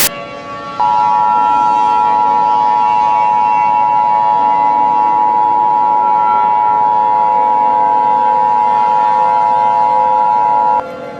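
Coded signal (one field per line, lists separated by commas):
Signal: Emergency Alert System (SAME) tones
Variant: 853 and 960 Hz attention tone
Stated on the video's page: Fictional EAS scenario using valid EAS tones.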